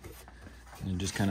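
A plastic engine cover is set back over the engine of a 2013 2.0-liter Ford Focus ST (2013-2018 generation), after replacing its spark plugs and ignition coils, to be pushed down onto its mounts. Soft handling rustles are heard while someone talks, louder toward the end. Nothing has seated or snapped into place yet.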